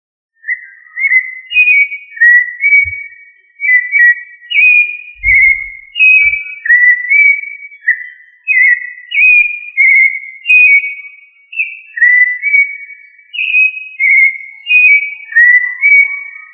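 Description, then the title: Thrush singing clear, whistled phrases, each a quick slurred pair or trio of notes, repeated steadily with short pauses throughout, with a few faint low thumps early on. "Familia Turdidae - Sabia"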